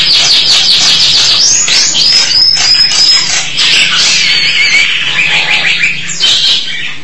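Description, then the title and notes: Starling singing a quick jumble of high whistled slurs and trilled phrases, with a faint low hum beneath. "suara burung jalak"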